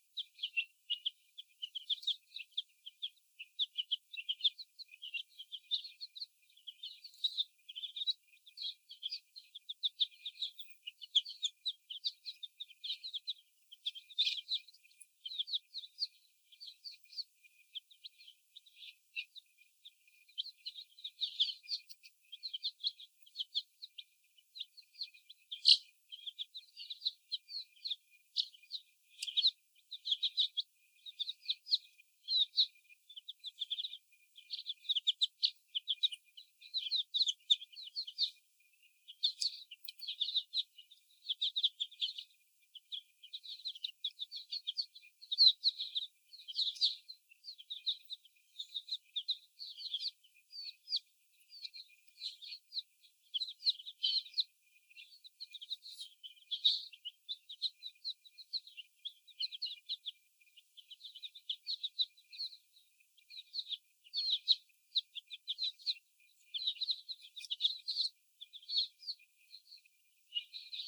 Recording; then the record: young laying hens in a cage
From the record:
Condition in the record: before the stressor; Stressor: sudden umbrella opening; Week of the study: 1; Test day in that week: 1